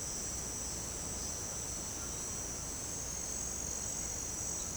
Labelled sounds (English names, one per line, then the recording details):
none
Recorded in secondary vegetation near Puerto Asís, Putumayo, Colombia, on 18 December 2024 at 18:00
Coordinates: 0.489, -76.322
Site G059